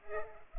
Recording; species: mosquito wingbeat signal from an infrared sensor; Culex pipiens